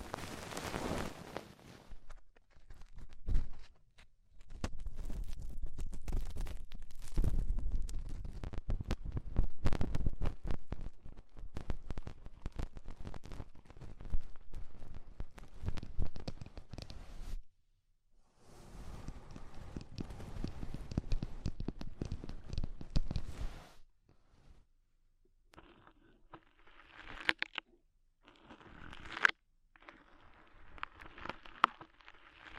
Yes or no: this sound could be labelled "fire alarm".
no